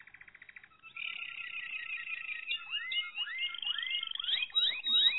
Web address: ~joaopt canarios racas canto malinoisv